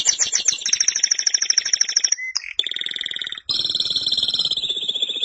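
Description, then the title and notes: Canary song made of dense fast trills that switch pitch several times, bright and rattling throughout with brief breaks between phrases. "BM Suara Kenari. BM Suara Burung Kenari"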